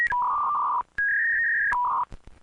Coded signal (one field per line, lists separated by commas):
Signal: fax machine handshake